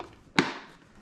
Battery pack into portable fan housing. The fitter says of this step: straight in. There you go. Click.